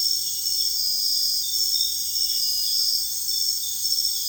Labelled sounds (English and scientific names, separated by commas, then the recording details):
none
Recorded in dense forest near Puerto Asís, Putumayo, Colombia, on 20 February 2024 at 04:30
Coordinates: 0.485, -76.322
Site G6406